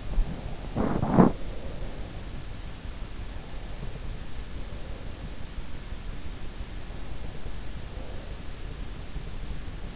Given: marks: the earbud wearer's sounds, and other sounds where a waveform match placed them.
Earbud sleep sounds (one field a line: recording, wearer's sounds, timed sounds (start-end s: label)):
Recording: sounds in sleep by an in-ear microphone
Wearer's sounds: body movement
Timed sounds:
0.00-1.32 s: body movement